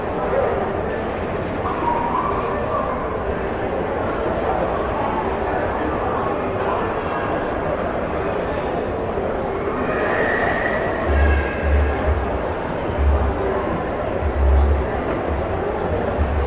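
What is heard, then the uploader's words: Shopping mall ambience: a dense, steady wash of crowd chatter and footsteps with no single voice standing out. Brief clinks and a faint higher tone appear around ten seconds, and low thumps come and go after eleven seconds. SHOPPING MALL ASMR AMBIENT SOUND.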